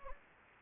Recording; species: mosquito wingbeat signal from an infrared sensor; Anopheles gambiae